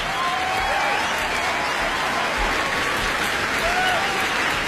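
Sustained audience applause after a trio's world-premiere stage performance, a dense, steady wash of many hands clapping at an even loudness throughout, with faint whistles rising above the noise now and then.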